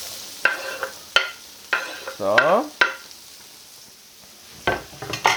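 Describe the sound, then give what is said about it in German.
Onions sizzle in a hot pan in the drippings left from frying schnitzel, a steady crackling hiss broken by sharp scraping and clinking strokes of a utensil stirring every second or so, plus one ringing metallic scrape; a voice speaks briefly. “Und jetzt kommt in den Bratenrückstand der Zwiebel hinein.”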